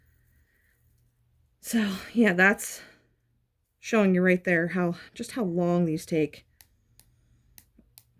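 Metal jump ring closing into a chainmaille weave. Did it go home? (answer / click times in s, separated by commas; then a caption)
yes / 7.6 s, 8.0 s. Someone talks, then metal jump rings are closed with pliers while weaving a chainmaille dice bag. The ring ends meet with crisp clicks at 7.6 s and 8.0 s, after fainter ticks. The jump ring clicks closed into the weave, a sign of a job well done.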